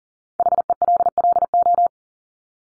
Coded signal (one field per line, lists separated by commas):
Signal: Morse code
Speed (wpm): 40 wpm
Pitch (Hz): 700 Hz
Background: none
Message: HELLO